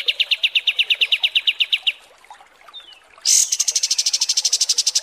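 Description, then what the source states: Kapas tembak song: a rapid chain of clear repeated chirps, then a pause, a short thin whistle, and a harsher, higher pulsed series. Masteran training recording.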